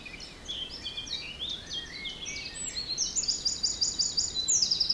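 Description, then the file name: Bird song: varied high chirps, then a fast, ringing trill near the end, with faint wind noise beneath. Forest in spring, windy (3 Beaufort), recorded at 1 pm. "Forest Spring Birds Windy 3 bft 1 pm"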